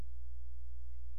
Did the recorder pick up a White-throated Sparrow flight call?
no